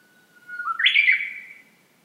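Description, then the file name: Japanese bush warbler song: a long, level, pure whistle that suddenly breaks into a loud, rising, warbled flourish, then fades away. "uguisu"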